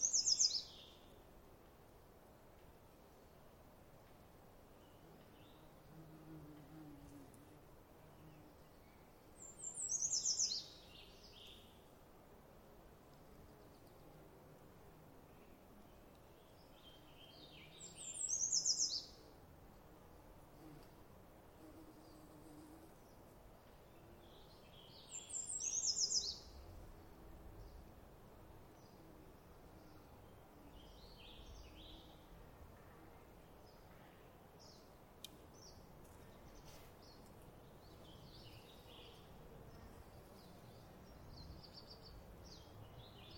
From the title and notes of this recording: Midday At Trout Creek Campground. I arrived early in the morning of the 12th of May and set up near a still-water riparian area. This being the Cascade Mountains range, there was plenty of distant water wash everywhere, from small rivers and streams to snowmelt runoff. The non-riparian portion of the forest here was filled with typical Cascades’ evergreens such as Douglas Fir, Spruce, and the like.